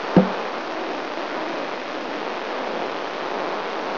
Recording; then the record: brain microelectrode recording played as sound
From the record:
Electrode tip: inside the subthalamic nucleus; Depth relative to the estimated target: -1.3 mm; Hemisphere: right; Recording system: AlphaMap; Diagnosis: Parkinson's disease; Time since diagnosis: 26 years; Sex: female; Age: 68 years